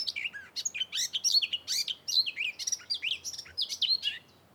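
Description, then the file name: Eurasian blackcap song, an energetic rippling warble of high slurred and swooping notes sustained for about four seconds. "Sylvia atricapilla"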